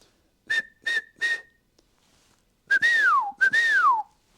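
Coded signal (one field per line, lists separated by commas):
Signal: whistle signal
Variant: Australian dogman crane signal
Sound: three short flat whistles, a pause, then two long whistles sliding downward in pitch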